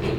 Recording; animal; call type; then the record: contact call of a hoofed animal; pig; closed-mouth grunt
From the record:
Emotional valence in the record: positive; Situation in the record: food and toys in familiar pen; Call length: 0.19 s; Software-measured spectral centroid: 1720 Hz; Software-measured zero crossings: 1170 a second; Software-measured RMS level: -25 dBFS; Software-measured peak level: -14 dBFS